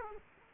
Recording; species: mosquito wingbeat signal from an infrared sensor; Culex quinquefasciatus